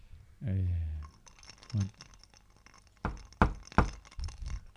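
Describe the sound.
Several sharp, hollow knocks on a door land in an uneven cluster near the end, preceded by a brief low humming voice and a soft thump.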